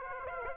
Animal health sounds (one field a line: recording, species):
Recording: mosquito wingbeat signal from an infrared sensor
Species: Aedes aegypti